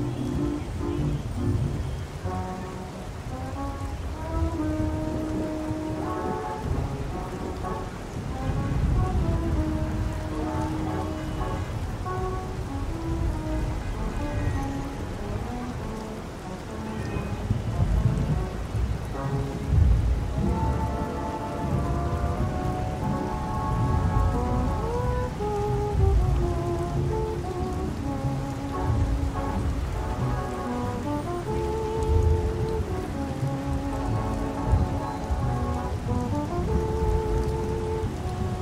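Oldies music plays in another room, its melody line steady and clear throughout, while traffic noise from an open window adds a dense, constant rumble and hiss underneath. The mix stays fairly even, with a slight swell in the traffic around twenty seconds.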